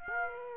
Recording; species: mosquito wingbeat signal from an infrared sensor; Aedes aegypti